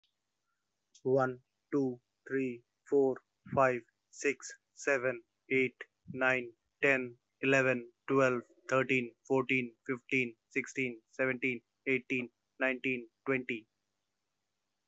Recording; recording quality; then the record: counting at a normal pace; excellent, no background noise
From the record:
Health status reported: healthy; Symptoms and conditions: none ticked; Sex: male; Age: 27 years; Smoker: not ticked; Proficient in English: yes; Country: India